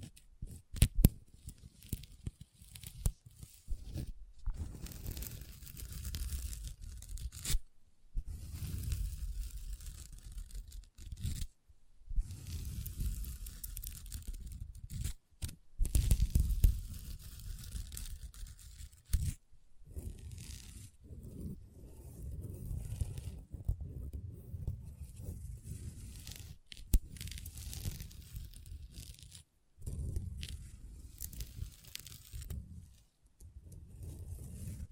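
Long nails scratch and tap on a table in steady, dense bursts, with a rough, papery scraping texture and a low thud underneath. Brief silent gaps break the sound every few seconds, notably around 8, 11, 15 and 30 seconds.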